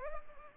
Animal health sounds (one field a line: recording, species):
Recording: mosquito wingbeat signal from an infrared sensor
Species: Culex pipiens